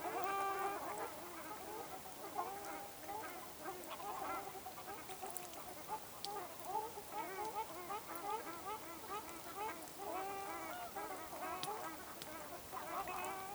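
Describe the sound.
Ruddy shelducks honking steadily, a dense stream of overlapping nasal calls without pause.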